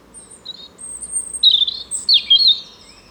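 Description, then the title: European robin song: high thin whistles open the phrase, followed by rapid sparkling trills and tumbling notes that end in a fading whistle. Spring song in a small wood along the Rouquette stream, Saint-Jean, France; recorded with a Dodotronic Highsound parabolic dish and Zoom H4n Pro. "53 Chemin Bellevue, Saint-Jean, France - Chant printanier : Rouge Gorge"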